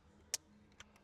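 A 3.5 mm microphone jack is pushed into the microphone input of a wireless Apple CarPlay head unit being installed in a Toyota Hilux (N80). A sharp click sounds at 0.3 s, followed by two fainter ticks near 0.8 s and 1.0 s over a low steady hum. The jack seats fully with the click.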